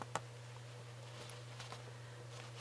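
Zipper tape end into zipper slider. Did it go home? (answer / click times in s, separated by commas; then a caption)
yes / 0.2 s. The loose end of a salvaged zipper half is pushed into the zipper slider on a fabric bag, and it clicks into place with a sharp snap at 0.2 seconds. Two fainter taps follow around 1.6 and 1.7 seconds over a steady low hum.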